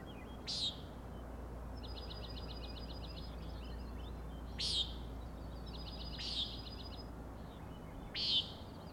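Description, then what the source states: Common nighthawk repeating nasal, buzzy peents, four calls over nine seconds, with rapid stuttering rattle-like notes between them and a low background hum. Peenting calls and rattling at 4am on 16 June 2017, Schoodic Head overlook, Winter Harbor, Maine; birds flying in close follow-the-leader formation near the recordist.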